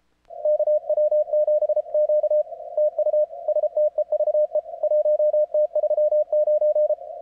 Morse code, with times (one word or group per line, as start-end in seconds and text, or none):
0.5-2.4 KW7Q
2.8-3.2 TU
3.5-4.6 STEVE
4.8-6.9 1T39